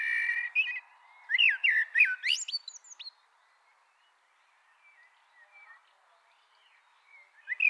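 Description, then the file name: Eurasian blackbird singing a rich whistled phrase of rising and falling notes that breaks into high, thin twittering, followed by quiet with a few faint notes. "Turdus merula"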